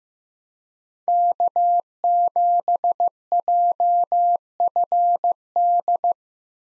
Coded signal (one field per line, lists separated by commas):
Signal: Morse code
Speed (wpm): 16 wpm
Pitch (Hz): 700 Hz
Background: none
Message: K7JFD